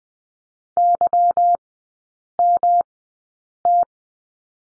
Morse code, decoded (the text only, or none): YMT